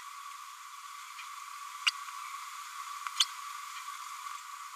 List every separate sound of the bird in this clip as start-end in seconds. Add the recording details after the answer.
1.86-1.91. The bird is a female. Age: 31 days. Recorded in a nest box in Venezuela. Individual 17B102A5